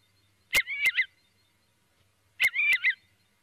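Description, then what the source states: Eurasian curlew uttering two brief warbled calls with sharp clicks, about two seconds apart, in otherwise quiet surroundings. Filtered recording.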